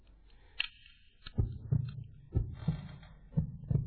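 Paired low thumps, lub then dub, recur about once a second, roughly 60 beats a minute, in a steady rhythm. They are ordinary adult heart sounds with no added noise between beats.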